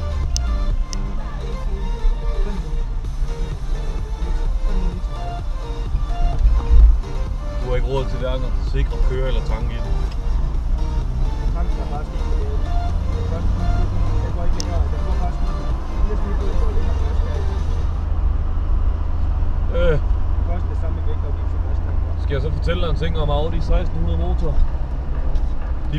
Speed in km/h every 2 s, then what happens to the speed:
17, 18, 18, 18, 20, 25, 35, 40, 44, 44, 45, 47, 50.
0-8 steady at about 18. 8-26 speeds up to 50.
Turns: 6-11.